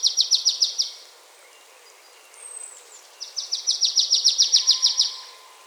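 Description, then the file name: Marsh tit giving fast, even series of sharp high chipping notes, one burst at the start and a longer run near the end, faint chirps between them. "Poecile palustris"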